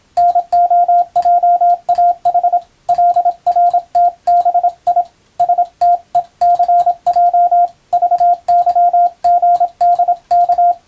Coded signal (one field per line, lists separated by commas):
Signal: Morse code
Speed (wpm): 26 wpm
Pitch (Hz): 700 Hz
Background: radio noise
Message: NOJAH LRTBI STECJ VYGDK